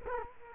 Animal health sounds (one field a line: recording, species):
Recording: mosquito wingbeat signal from an infrared sensor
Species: Culex quinquefasciatus